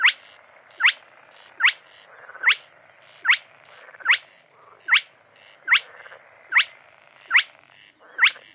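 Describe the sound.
Bird giving a steady series of sharp upward-sweeping chirps, with soft buzzy notes between them and faint background hiss.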